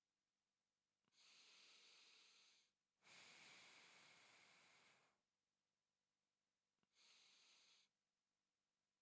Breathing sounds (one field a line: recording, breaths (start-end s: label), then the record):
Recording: nose breathing near a microphone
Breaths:
0.89-2.79 s: inhalation
2.79-5.34 s: exhalation
6.59-7.84 s: inhalation
From the record:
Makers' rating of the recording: medium